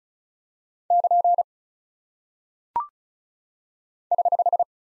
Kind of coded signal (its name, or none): Morse code